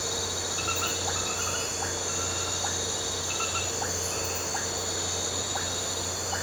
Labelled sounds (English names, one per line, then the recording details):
none
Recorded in pastures near Puerto Asís, Putumayo, Colombia, on 9 March 2025 at 00:00
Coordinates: 0.466, -76.322
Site CSA-02